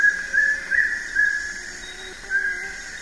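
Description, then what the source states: Wing-barred piprites whistles: a few short, clear whistled notes given unevenly, with longer gaps between some of them. Recorded in the eastern lowlands of South America.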